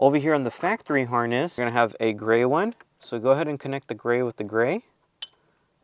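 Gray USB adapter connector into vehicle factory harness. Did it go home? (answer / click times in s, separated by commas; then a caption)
yes / 5.2 s. Someone talks while a gray plastic connector on a USB adapter lead is mated to the gray connector on a Toyota Tacoma's factory harness during a Dasaita 10.2 Android head unit install. A sharp click at 5.2 s marks the connector seating into the factory harness.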